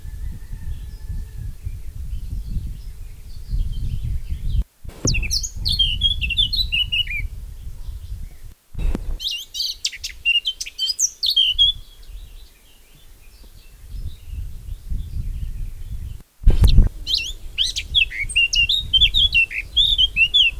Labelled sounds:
Eurasian Blackcap (Sylvia atricapilla) song
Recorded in the wild
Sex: male
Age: adult
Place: Effeltrich, Bayern, DE
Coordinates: 49.6603, 11.0908
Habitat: deciduos high forest
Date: 1964-05-01
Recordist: Tretzel, Erwin
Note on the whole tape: Männchen: Gesangsvariationen mit rhythmischem Überschlag. Laubhochwald, Mai 1964

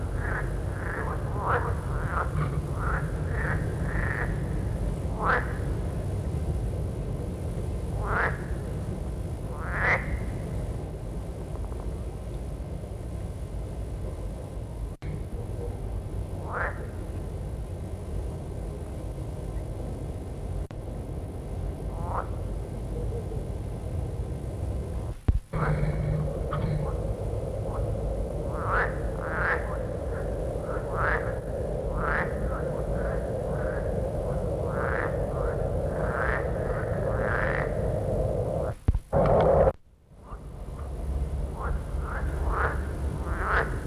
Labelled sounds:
Edible Frog (Pelophylax esculentus) call
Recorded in the wild
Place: Berlin, OT Blankenfelde, Tegeler Fließ, Berlin, DE
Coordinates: 52.6261, 13.3917
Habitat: pond
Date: 1962-06-09 21:50
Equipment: Minifon, Kopie Smaragd
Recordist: Tembrock, Günter
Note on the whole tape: Teich im Wäldchen am Standrohr bei Blankenfelde: Einzeltiere und "Konzert"

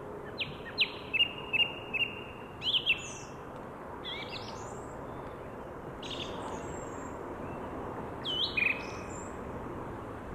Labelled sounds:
Song Thrush (Turdus philomelos) song
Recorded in the wild
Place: Garmisch-Partenkirchen, Bayern, DE
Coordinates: 47.5203, 11.0817
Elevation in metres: 847
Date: 1969-04-04
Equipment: Nagra
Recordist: Tretzel, Erwin

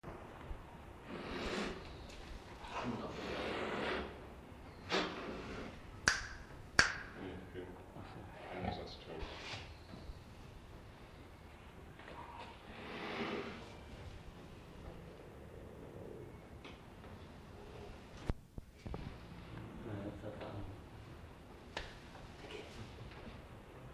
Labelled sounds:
Jaguar (Panthera onca)
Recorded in captivity
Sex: diverse
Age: diverse
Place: Zoo Rostock, Mecklenburg-Vorpommern, DE
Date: 1966-05-24 15:00
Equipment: Uher 4200 Report Monitor, Sennheiser MD 421, Transistorverstärker 2
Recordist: Tembrock, Günter

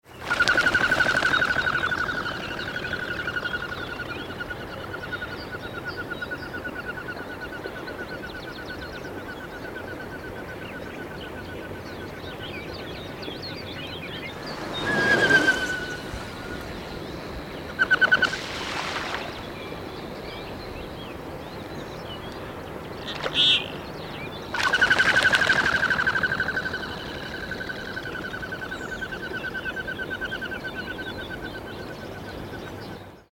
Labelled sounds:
Common Goldeneye (Bucephala clangula)
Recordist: Frommolt, Karl-Heinz
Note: Erpel: Fluggeräusche

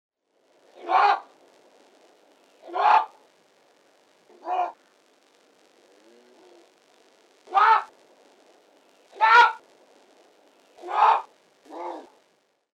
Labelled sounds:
Jungle Cat (Felis chaus)
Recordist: Tembrock, Günter
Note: Männchen: Einzelrufe und Rufreihen

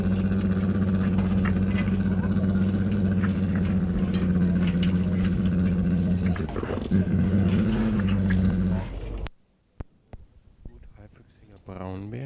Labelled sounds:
Brown Bear (Ursus arctos) call
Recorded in captivity
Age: juvenile
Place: Tierpark Berlin, Berlin, DE
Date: 1965-01-02 12:15
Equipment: Telefunken Magnetophon 300, Sennheiser MD 421, Transistorverstärker
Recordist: Tembrock, Günter

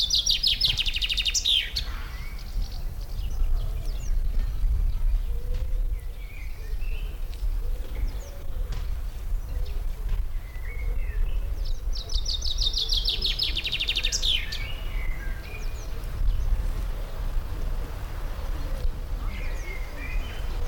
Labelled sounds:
Common Chaffinch (Fringilla coelebs)
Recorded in the wild
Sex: male
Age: adult
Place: Dahme/Mark, Brandenburg, DE
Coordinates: 51.87, 13.43
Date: 1995-04-29 17:43
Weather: heiter, 14°C
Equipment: Marantz CP 430, Sennheiser ME 80, Kopie Uher 4000 Report Monitor
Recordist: Tembrock, Günter

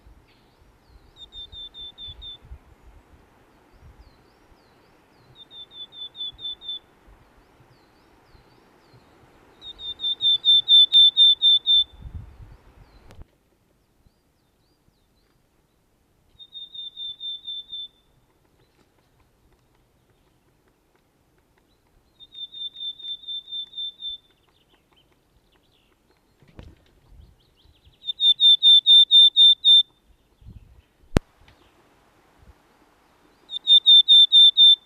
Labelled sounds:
Willow Tit (Poecile montanus) song
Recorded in the wild
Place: Ehrwald, Tirol, AT
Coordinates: 47.4167, 10.9428
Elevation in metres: 979
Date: 1971-04-13
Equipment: Nagra IV, Sennheiser MKH 405
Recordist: Tretzel, Erwin

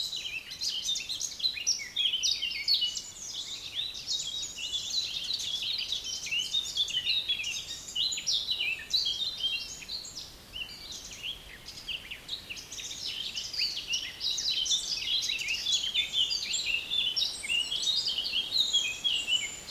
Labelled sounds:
Eurasian Blackcap (Sylvia atricapilla)
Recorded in the wild
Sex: male
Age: adult
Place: Mühlenbeck, Brandenburg, DE
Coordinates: 52.667, 13.37
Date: 1992-05-23 11:55
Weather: 23-24°C, böiger Wind
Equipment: Nagra SN, Mikrofon AKG CK 8, Kopie Tesla B 116
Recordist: Tembrock, Günter

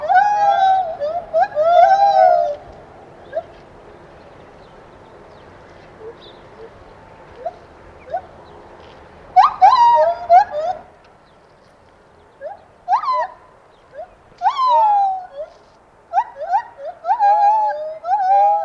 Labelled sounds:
Lar Gibbon (Hylobates lar)
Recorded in captivity
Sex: pair
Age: adult
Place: Tierpark Berlin, Berlin, DE
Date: 1987-12-25
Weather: heiter, -1°C, windstill
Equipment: 19 cm Stereo
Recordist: Tembrock, Günter

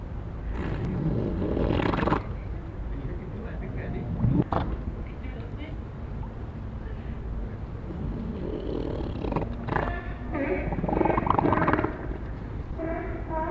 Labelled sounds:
Harbor Seal (Phoca vitulina)
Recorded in captivity
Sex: male
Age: adult
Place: Zoo Berlin, Berlin, DE
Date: 1961-01-14 16:30
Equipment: Minifon, Kopie Smaragd
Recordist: Tembrock, Günter

